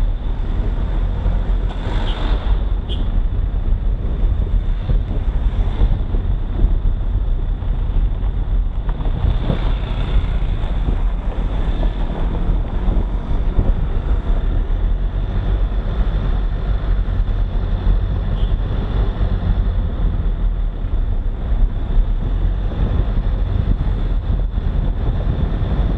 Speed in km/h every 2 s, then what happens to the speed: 20, 20, 20, 19, 16, 14, 16, 21, 26, 27, 26, 30, 32.
0-11 steady at about 19. 11-16 speeds up to 26. 20-26 speeds up to 32.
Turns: none.